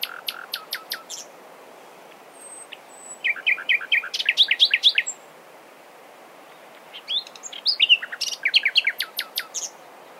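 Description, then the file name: Common nightingale song: a run of crisp high clicks, then fast rising trilled notes and a thin whistle, repeated after a pause as a second varied phrase. "Luscinia megarhynchos"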